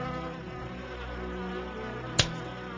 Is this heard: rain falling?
no